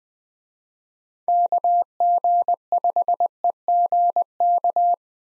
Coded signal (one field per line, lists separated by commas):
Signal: Morse code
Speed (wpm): 21 wpm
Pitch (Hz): 700 Hz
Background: none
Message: KG5EGK